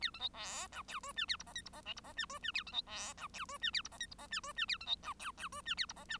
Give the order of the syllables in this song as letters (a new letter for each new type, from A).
A B C D E F G H A I J K I J L I J H G H A B C D E F G H A I J K I J H G H A B C E F F G H A I J H